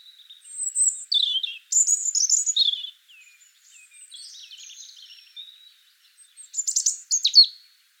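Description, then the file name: European robin song of high, clear whistles and descending slurs in separate phrases, with soft twittering between and a sharp final flourish. "Erithacus rubecula"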